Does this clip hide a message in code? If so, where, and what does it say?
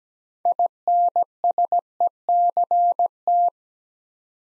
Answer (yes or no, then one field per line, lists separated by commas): yes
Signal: Morse code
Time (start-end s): 0.5-3.5 s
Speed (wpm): 17 wpm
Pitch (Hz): 700 Hz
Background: none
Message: INSECT